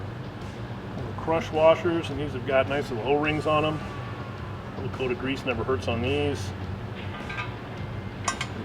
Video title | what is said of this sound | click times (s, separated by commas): We installed Polaris Turbo S suspension on our General XP! | Pop into place here. | 8.3 s, 8.4 s